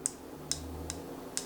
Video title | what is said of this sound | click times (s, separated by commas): AEG 18V Planer Review | You can hear there's a bit of a click, and it kind of clicks into place for each mil increment. | 0.1 s, 0.5 s, 0.9 s, 1.4 s